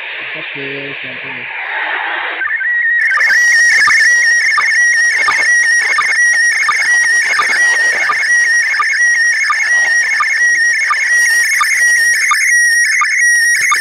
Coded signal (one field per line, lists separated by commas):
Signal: SSTV (slow-scan television)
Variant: PD 90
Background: speech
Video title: VR SSTV HARI PAHLAWAN YH8QAS RSI SULUT, 11 NOVEMBER 2023 UTC 8:37 gird location OI52eg